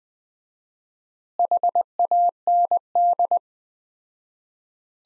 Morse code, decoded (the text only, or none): HAND